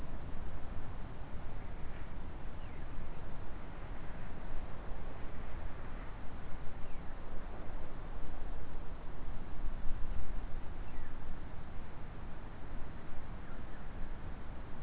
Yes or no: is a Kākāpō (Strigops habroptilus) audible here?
no